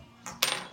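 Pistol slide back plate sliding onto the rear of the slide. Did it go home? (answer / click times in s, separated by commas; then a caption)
yes / 0.4 s. With the extractor detent held down by a punch, a pistol's back plate (slide cover plate) is slid over the rear of the slide. A soft scrape around 0.3 s is followed by a sharp metallic click at 0.4 s and a brief ringing tail. The plate snaps into place and is seated.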